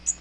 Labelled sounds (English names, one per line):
Magnolia Warbler flight call